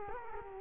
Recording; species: mosquito wingbeat signal from an infrared sensor; Culex quinquefasciatus